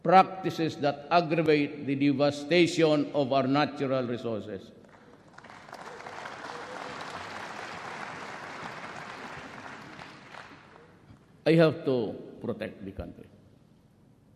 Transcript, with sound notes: practices that aggravate the devastation of our natural resources. [applause]
I have to protect the country.